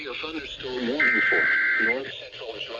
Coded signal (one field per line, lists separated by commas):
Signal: Emergency Alert System (SAME) tones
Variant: header bursts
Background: speech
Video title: Severe Thunderstorm Warning On Multiple Stations KBMG/AKA 106.3 KKLV,KUAO,103.9 & KEC78 EAS#565-569